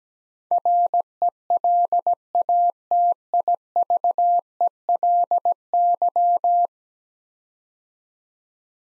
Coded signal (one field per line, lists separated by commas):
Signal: Morse code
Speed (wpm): 17 wpm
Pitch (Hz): 700 Hz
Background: none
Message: RELATIVELY